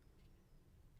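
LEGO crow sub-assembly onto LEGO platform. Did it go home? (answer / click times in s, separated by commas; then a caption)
no / none. A plastic LEGO crow sub-assembly is handled over a LEGO build platform, with only faint low rustling and background noise heard. Nothing has seated or clicked yet.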